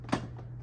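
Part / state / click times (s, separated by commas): exhaust filter holder into the rear compartment of a canister vacuum / seated / 0.1 s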